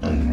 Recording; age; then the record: pig call; growing-finishing pig (85 days or more)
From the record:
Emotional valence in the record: negative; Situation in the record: barren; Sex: female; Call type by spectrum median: low-frequency call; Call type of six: low-frequency stable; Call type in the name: low-frequency stable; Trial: 3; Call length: 0.33 s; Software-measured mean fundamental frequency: 76 Hz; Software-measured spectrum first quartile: 78 Hz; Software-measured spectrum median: 186 Hz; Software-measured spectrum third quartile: 349 Hz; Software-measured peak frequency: 233 Hz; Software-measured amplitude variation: 68 dB a second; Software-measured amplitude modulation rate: 21.0 a second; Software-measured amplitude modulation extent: 3.3 dB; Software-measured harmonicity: -2.7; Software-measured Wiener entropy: -1.07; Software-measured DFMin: 1265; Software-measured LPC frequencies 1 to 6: 1516, 2622, 4051, 4758, 5631, 8114 Hz